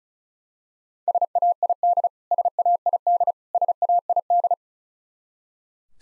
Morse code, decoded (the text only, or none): SAID SAID SAID